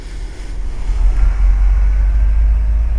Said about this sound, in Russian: Машина Влада медленно заезжает во двор.